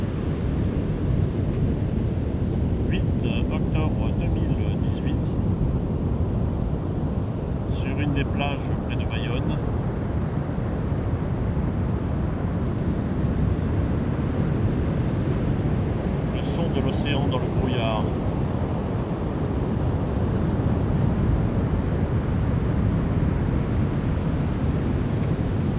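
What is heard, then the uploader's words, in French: Rumble of the Atlantic: a constant, dense, deep roar of surf that holds an even loudness for the whole stretch, with no distinct wave breaks. Three brief bursts of higher chattering calls come through around 3, 8 and 17 seconds. Grondement de l'Atlantique. Plage d'Ondes près de Bayonne. Ce matin pas un souffle de vent sur la plage d'Ondes, les rouleaux de l'Atlantique roulent et grondent en s'écrasant sur le sable coquillier ocre, un vent de terre retient quelques instants les vagues en suspend. Peux de détails apparaissent, les graves et les basses couvrant le paysage sonore.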